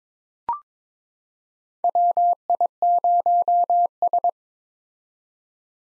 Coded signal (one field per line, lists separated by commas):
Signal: Morse code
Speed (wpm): 22 wpm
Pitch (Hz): 700 Hz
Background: none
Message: WI0S